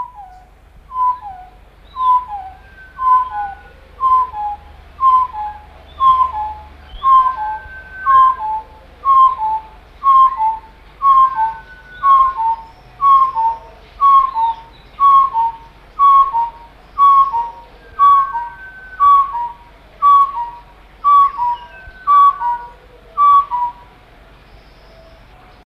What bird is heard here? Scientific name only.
Arborophila javanica